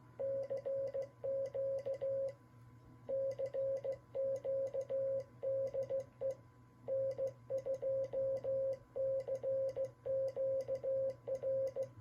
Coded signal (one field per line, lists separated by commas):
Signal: Morse code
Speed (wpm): 15 wpm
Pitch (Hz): 530 Hz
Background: none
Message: CQ CQ DE N2CQR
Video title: Happy New Year! Straight Key Night at N2CQR